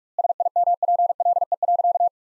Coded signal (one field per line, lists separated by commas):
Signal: Morse code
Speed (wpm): 46 wpm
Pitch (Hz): 700 Hz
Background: none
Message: SIMPLE.